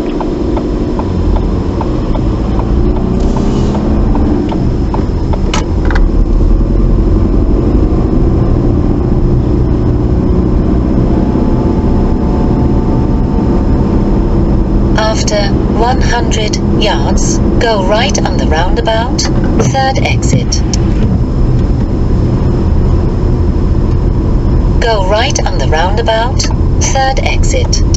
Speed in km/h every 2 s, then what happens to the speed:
13, 19, 19, 27, 29, 32, 32, 32, 32, 27, 23, 21, 21, 19.
0-10 speeds up to 32. 10-16 steady at about 32. 16-28 slows to 19.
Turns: none.